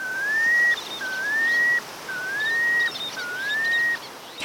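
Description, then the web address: Plover calls: four clear, slurred whistles, each rising gently and lasting under a second, repeated about once a second over a soft background hiss. "BIRD NOTE. Plover"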